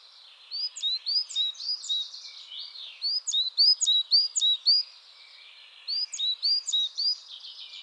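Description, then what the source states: Coal tit giving chattering calls, sharp high upslurred notes in quick runs separated by brief gaps, over a faint hiss. Chattering (bavarde) calls.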